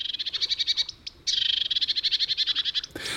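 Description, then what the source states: Marsh Warbler song, a fast run of bright, clipped repeated notes with a short pause midway. Migratory bird, one of the last to return in spring; a virtuoso singer that imitates other birds in its song.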